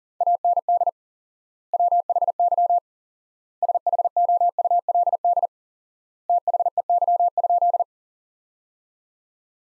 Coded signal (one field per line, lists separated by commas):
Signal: Morse code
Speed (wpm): 40 wpm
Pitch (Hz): 700 Hz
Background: none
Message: AND WHY SHOULD THEY?